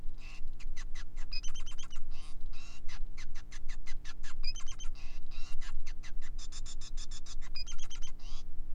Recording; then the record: song of a male Bengalese finch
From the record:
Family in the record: son of father 5